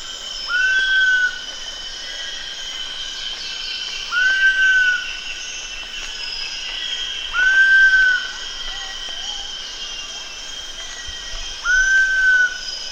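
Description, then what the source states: Giant pitta repeating a mellow whistle that rises, holds and dips, four times at intervals near four seconds, set against droning insects in the background. Recorded at Danum on 1 August 2009.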